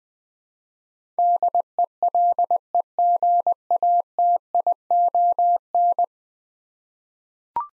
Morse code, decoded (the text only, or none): DELEGATION